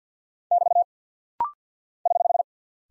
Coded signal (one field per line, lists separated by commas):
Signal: Morse code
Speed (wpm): 48 wpm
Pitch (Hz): 700 Hz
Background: none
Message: <BT> <HH>